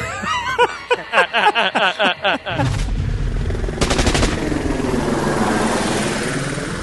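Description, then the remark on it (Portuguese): An electric Gatling gun, said to fire 6,000 shots per second, unleashes a continuous, roaring buzz of rapid fire, the shots blurring into one droning burst that holds steady for several seconds, preceded by a short run of rhythmic laughter. “É uma Gatling elétrica que dá 6 mil tiros por segundo.”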